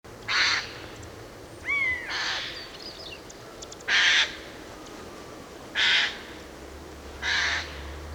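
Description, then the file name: Eurasian jay giving harsh, rasping screeches, five short bursts spaced one to two seconds apart, with a brief whistled note near the second call. "Garrulus glandarius"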